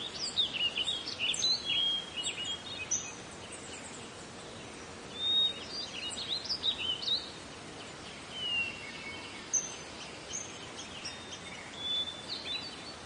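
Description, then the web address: Birds chirp and whistle in high, bright notes in scattered bursts with brief pauses, over a steady background hiss. "Meng Jun Bo. 自然-鸟鸣"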